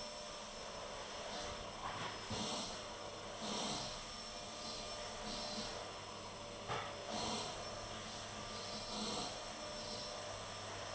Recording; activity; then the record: daily activity, microphone in the room; vacuum cleaning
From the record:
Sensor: 4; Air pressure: 1010.4 hPa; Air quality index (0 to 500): 179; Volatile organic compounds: 5 ppm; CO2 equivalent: 1813 ppm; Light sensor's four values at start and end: 33/98/38/38 and 33/98/38/38